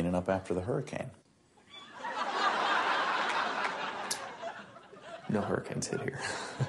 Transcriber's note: soundbite of laughter